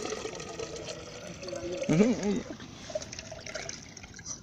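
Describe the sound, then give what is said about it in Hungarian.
Water pours steadily into a container, a continuous splashing trickle lasting the whole stretch, with a short burst of voice breaking in around the middle. “Tegyél vizet és tegyed bele.”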